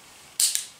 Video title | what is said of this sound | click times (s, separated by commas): Aimpoint VS Holosun VS Repro // Best Optic? // German Milsim Airsoft | Bei Schließen rastet er ein und dementsprechend ist das Ganze jetzt fix. | 0.4 s